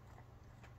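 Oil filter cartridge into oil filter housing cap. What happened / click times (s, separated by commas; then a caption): Handled, not yet home: the filter element is being pressed toward its plastic cap with no seating click yet / none. A new oil filter element for a Jeep Wrangler JK 3.6 is handled against its plastic oil filter housing cap, with a short soft tick near 0.2 s over low background noise. Nothing has seated or clicked yet; the element is not yet clipped home.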